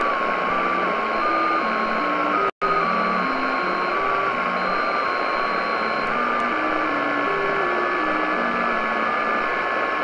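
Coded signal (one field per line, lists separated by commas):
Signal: JT65, JT9 or WSPR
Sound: several faint steady tones hopping between pitches every half second under loud hiss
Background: radio static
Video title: Shortwave Radio: JT65 Communication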